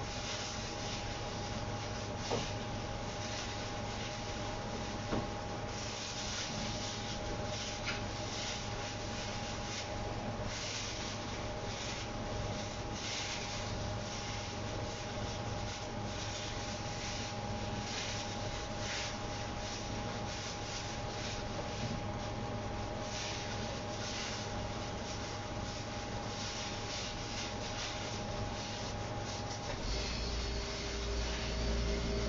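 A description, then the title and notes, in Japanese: Kitchen sounds while a sake-lees pickling bed is being mixed: a steady, dense hum with a low drone and a faint high tone runs throughout. Small knocks and scraping clicks come irregularly on top, and the tone drops out near the end. キッチンでの物音。粕漬けを作るための粕床を作っています。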